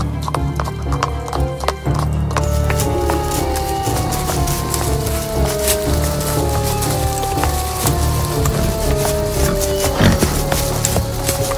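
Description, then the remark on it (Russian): Horses ride along with steady, rhythmic hooves clip-clopping, sharp knocks repeating throughout over a low rumbling background, with a brief whinny-like tone mixed in. “И таким образом они отправились на своих лошадях без солдат, так как они не хотели разозлить мудреца.”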